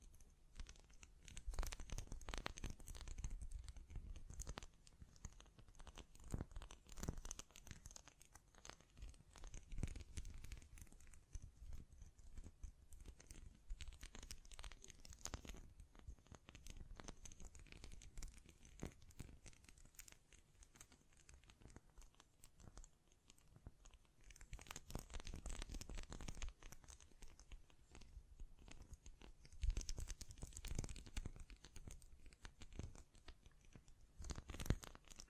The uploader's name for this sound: Tapping, Scratching, Mic Brushing, Hand Sounds